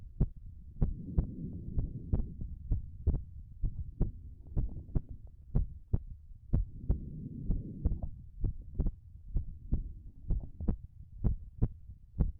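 A mother's heart: sharp, low paired heart thumps repeat steadily at about 63 beats a minute. Soft whooshing swells rise and fall in the background. This is an ordinary adult heartbeat, heard clearly.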